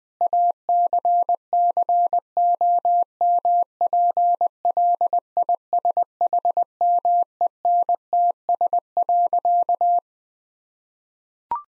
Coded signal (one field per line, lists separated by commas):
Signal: Morse code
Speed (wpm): 20 wpm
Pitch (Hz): 700 Hz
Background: none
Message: ACCOMPLISHMENTS.